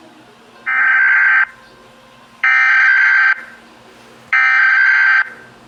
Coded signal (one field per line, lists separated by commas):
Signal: Emergency Alert System (SAME) tones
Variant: header bursts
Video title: eas alarm animados 7